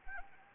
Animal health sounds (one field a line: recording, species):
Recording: mosquito wingbeat signal from an infrared sensor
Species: Anopheles gambiae